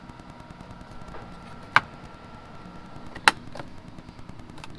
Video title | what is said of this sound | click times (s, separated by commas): Lamborghini Gallardo Aventador Shift paddle install and review Rev10Performance.com | and getting them snapped into place | 1.8 s, 3.3 s